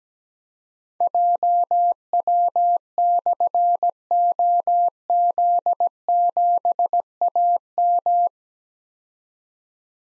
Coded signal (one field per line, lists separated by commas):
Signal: Morse code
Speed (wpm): 17 wpm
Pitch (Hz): 700 Hz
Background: none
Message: JW/OZ7AM